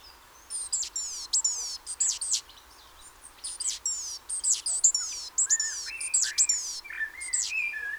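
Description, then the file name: Great tit calling in bursts of high, sliding-down notes mixed with sharp clicks, several bursts in a row, with lower chirps in the latter half. "Parus major"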